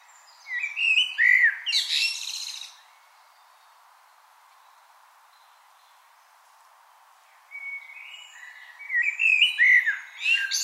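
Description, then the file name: Common blackbird song, a mellow whistled phrase topped by a high chattering burst, silence, then another fluty phrase building to loud twitters. "Turdus merula"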